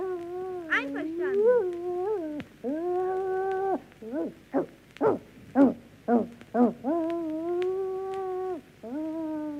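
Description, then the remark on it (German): Foxes and wolves give long, steady howls with rich harmonics, broken up midway by a run of short, rhythmic yipping barks, then another sustained howl. The calls are loud and stand alone with no talk. “Wie wär's denn, wenn wir hier bei den Füchsen und Wölfen anfangen?”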